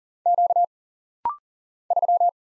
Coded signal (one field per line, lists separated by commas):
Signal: Morse code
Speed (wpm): 40 wpm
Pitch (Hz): 700 Hz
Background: none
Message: Q 3